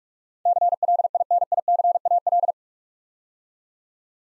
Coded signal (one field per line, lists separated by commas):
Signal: Morse code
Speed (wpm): 44 wpm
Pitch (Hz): 700 Hz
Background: none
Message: CLINICAL